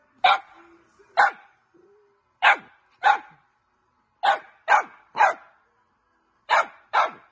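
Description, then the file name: Dog producing crisp, clipped barks, singly and in pairs, with faint squeaky whines between. Cute dog barking. "Tieng cho sua de thuong dang yeu"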